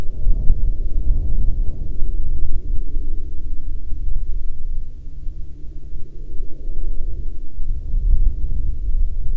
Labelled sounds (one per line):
aircraft